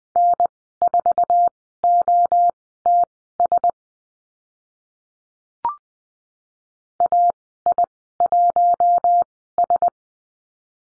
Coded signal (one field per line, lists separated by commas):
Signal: Morse code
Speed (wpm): 20 wpm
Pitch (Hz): 700 Hz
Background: none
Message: N4OTS AI1S